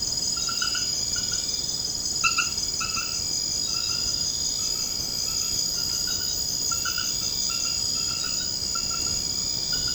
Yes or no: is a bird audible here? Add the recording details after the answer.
no. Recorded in secondary vegetation near Puerto Asís, Putumayo, Colombia, on 21 March 2025 at 23:30. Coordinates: 0.488, -76.319. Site G095